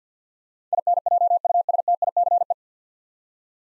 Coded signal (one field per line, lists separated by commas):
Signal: Morse code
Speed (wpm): 50 wpm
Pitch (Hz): 700 Hz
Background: none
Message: INJUSTICE